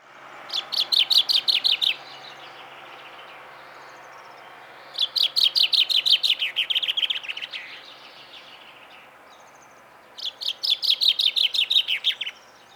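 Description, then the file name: Common chaffinch song: three bright, fast phrases about five seconds apart, each a rattling series of notes that runs downward, with quiet background between. "Fringilla coelebs"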